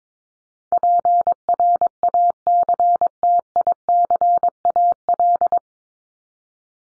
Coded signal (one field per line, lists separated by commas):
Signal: Morse code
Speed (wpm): 22 wpm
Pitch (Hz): 700 Hz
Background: none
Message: PRACTICAL